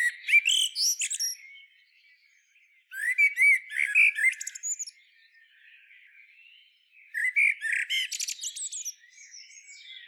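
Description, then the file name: Common blackbird giving three bursts of high squeaky, chattering notes, separated by quieter gaps. "Turdus merula"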